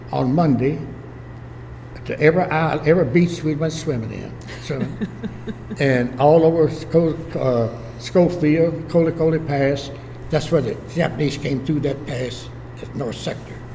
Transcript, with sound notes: on Monday, to every isle, every beach we went swimming in, so, [laughter] and all the west Sco…Schofield, Kolekole Pass, that’s where the Japanese came through that pass at the north sector,